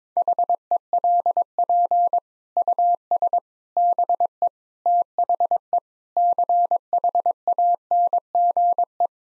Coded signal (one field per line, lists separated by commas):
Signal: Morse code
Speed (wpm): 22 wpm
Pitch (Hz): 700 Hz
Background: none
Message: HELP US BE THE CHANGE